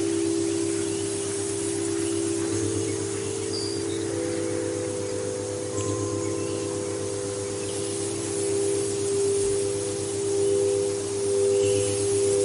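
Singing bowls hum in long, steady overlapping tones, a low ringing drone that barely changes over the whole stretch. A soft, even hiss of light breeze runs underneath, with a faint chime-like shimmer drifting in now and then.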